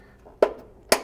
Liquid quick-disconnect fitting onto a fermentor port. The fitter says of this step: the case with both of them you push them in until you hear a click and then they're locked into place right ok